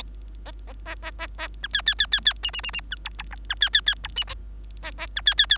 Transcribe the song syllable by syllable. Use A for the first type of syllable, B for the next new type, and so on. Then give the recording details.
A A A A A A B C C C C C D D D D B E E E B C C C E D A A B C C C. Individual Bird3